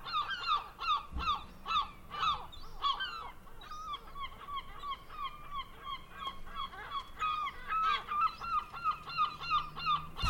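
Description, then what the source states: Gulls calling in a busy chorus, overlapping harsh mewing and yelping notes tumbling over one another almost continuously, with a low thump near the start. Recorded in a coastal village.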